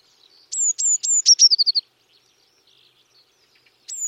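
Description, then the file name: Eurasian Blue Tit: three high sliding whistled notes leading into a fast descending trill, then quiet, with one more high note at the end. "Cyanistes caeruleus"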